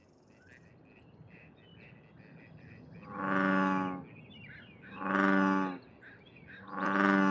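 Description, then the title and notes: American bullfrog calling with deep, droning, harmonic moos, three repeated about every two seconds after a quiet stretch of low background rumble. Bullfrog in a noisy urban nature area of Seattle, Pacific Northwest, in the morning, with plane and road traffic; recorded with a parabolic reflector dish, light noise reduction and high-pass filter. "a bullfrog at the Union Bay Nature Area"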